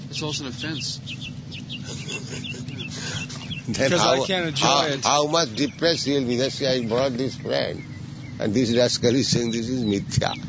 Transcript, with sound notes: It’s also an offense. Because I can’t enjoy it...
(laughing) Then how much depressed you’ll be. Let’s say I brought this friend, and this rascal is saying, “This is mithyā.”